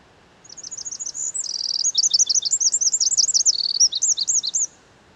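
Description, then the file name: Eurasian wren singing one loud, rapid song of very high trills and warbled notes lasting about four seconds, growing louder over its first half. "Troglodytes troglodytes"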